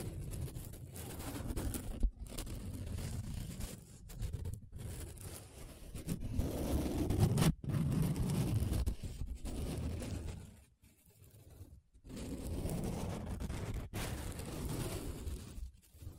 Paper Sounds Tracing, Scratching, Rubbing